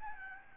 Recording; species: mosquito wingbeat signal from an infrared sensor; Aedes albopictus